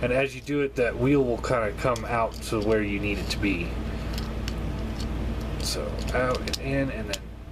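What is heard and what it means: Someone talks while handling the second leg of a plastic transforming robot toy figure, folding a plastic leg section out and back in so a wheel swings out into position. Only soft plastic handling noises are heard under the speech. The clip ends before the leg joint locks into place, so nothing has seated or clicked yet.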